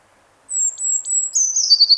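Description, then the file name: Eurasian blue tit singing a high drawn-out whistle with small ticks beneath, then breaking into a quick, slightly lower trill. "Cyanistes caeruleus"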